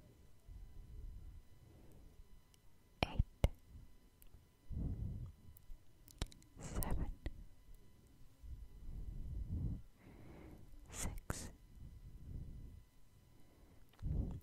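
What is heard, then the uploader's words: Soft low rubbing and squishing swells come and go in bursts, with sharp brushy taps near three, seven and eleven seconds. ASMR 10 Personal Attention Triggers (Scalp Massage, Face Massage, Stipple, Hair Brushing).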